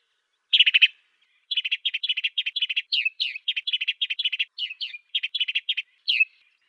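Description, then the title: Swainson's sparrow giving a loud opening chirp, then a long, fast run of chirps lasting about five seconds. "Swainson's Sparrow (Passer swainsonii)"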